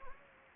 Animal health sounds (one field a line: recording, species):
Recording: mosquito wingbeat signal from an infrared sensor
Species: Anopheles gambiae